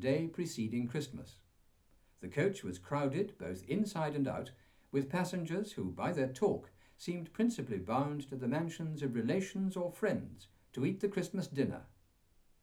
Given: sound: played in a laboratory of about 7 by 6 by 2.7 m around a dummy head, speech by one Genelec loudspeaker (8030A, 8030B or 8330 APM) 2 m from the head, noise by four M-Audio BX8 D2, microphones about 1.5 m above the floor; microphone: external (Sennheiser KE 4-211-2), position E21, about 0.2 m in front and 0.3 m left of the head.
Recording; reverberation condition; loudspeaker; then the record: male speech in English; low; in front (0 degrees)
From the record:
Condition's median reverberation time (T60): about 310 ms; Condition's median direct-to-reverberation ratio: about 3.5 dB